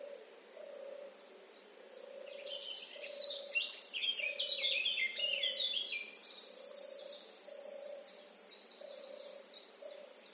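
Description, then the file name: Eurasian blackcap warbling song, a hurried tangle of chattering and whistled notes rising in volume midway, over a steady low hoot repeated roughly every second. "Sylvia atricapilla"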